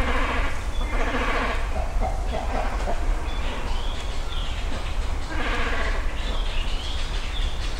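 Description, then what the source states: Great cormorant colony calls: hoarse, bleating, pulsed croaks repeated in bursts, with other birds calling and a steady low rumble underneath. Nesting colony high in trees along Yasugawa river, Ritto City, Shiga Prefecture, Japan; Sony PCM-M10 recorder with small omnidirectional mics tied to a tree; only trimmed and faded.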